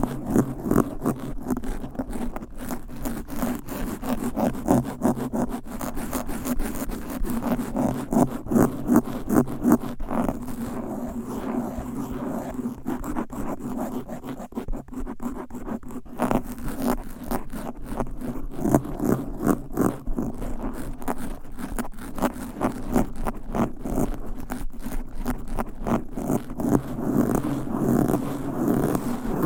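Fast, aggressive scratching on microphones with nails, a dense run of rapid rasping strokes that barely lets up for the whole half minute. The strokes come in quick bursts with a low, rumbling body underneath and crisp ticks on top, the rhythm shifting every few seconds.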